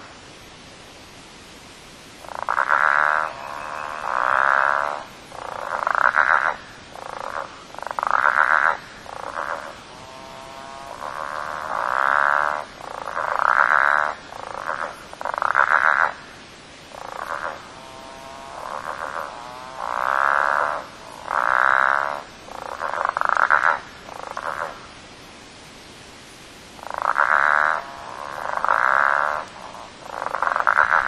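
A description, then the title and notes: Southern bell frogs call in a steady chorus, repeating a loud, growling croak roughly every second or two with brief pauses between bursts. The calls sit in a mid-pitched, nasal range, over a quiet, faint background hiss. Frog recording 23.11.08 Southern Bell frog. This recording was taken at 8.35pm on 23rd November 2008. Location: Lily Lake In this recording you can hear Southen Bell frogs (Litoria raniformis) calling.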